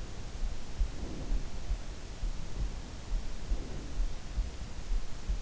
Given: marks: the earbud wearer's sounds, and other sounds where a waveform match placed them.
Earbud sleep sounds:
sounds in sleep by an in-ear microphone; breath
0.51-1.94 s: breath
3.23-4.62 s: breath

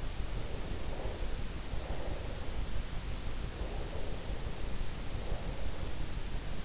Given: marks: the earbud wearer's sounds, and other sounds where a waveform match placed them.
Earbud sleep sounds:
sounds in sleep by an in-ear microphone; breath
0.54-2.94 s: breath
3.51-6.65 s: breath

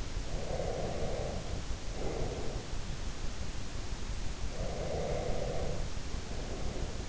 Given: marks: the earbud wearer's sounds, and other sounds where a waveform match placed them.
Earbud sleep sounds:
sounds in sleep by an in-ear microphone; breath
0.29-2.75 s: breath
4.38-7.09 s: breath

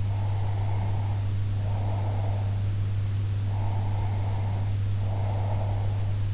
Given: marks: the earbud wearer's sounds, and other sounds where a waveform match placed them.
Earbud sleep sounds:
sounds in sleep by an in-ear microphone; breath
0.07-2.78 s: breath
3.44-6.18 s: breath

